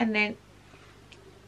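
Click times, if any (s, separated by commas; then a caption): 1.1 s. Someone talks briefly, then a gold-tone bangle bracelet's hinged clasp is pressed shut, and a short, sharp, faint click sounds at 1.1 s in a quiet pause. The clasp clicks closed into its catch and is seated.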